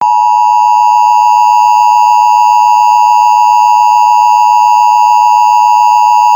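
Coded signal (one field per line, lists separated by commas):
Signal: Emergency Alert System (SAME) tones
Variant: 853 and 960 Hz attention tone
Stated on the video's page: Mock weekly required test with valid SAME tones.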